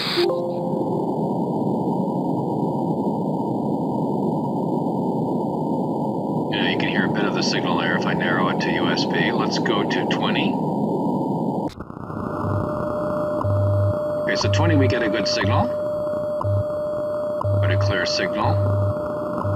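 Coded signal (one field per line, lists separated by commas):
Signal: radio time signal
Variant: WWV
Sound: steady audio tone with a tick each second under hiss, plus brief announcement-like bursts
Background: radio static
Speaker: let's go to 20. okay so 20 we get a good signal clear signal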